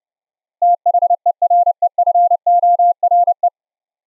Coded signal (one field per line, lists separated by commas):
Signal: Morse code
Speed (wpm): 30 wpm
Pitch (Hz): 700 Hz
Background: none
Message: THEREFORE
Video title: The CW RE-Keyer System(Win 10) harsh square wave IN - pure sine wave OUT - with Raised Cosine edges